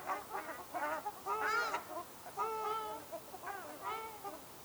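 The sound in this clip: Ruddy shelduck nasal honks, a few loud arched calls in short bursts separated by brief quieter gaps.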